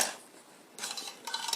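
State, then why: Seated. The folded breadboard of a DB Tech compact foldable bread slicer is opened and its hinged side guide is swung up, giving two bursts of light clattering handling noise. Sharp clicks follow at 1.3 s and 1.5 s as the side piece snaps into its locked position, seated in place.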